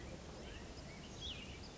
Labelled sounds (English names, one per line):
Cassin's Vireo